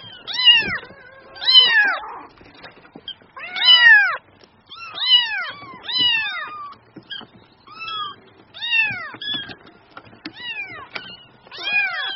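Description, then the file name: Cat: high kitten mews, each a short arched cry, repeated every second or two, with light shuffling noises. Kitten mewing cutely (Vietnamese: tiếng mèo con kêu nũng nịu dễ thương). "Tieng meo con keu nung niu de thuong"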